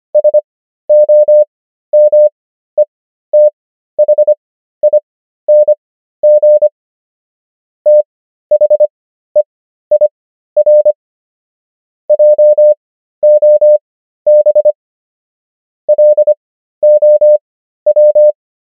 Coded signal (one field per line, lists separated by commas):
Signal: Morse code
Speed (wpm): 25 wpm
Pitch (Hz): 600 Hz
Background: none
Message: SOMETHING THEIR JOB LOW